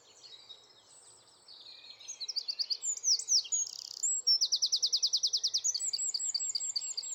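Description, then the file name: Eurasian wren song, loud and high, with quick varied notes and a long, even, rapid trill in the second half; quiet background. "Troglodytes troglodytes"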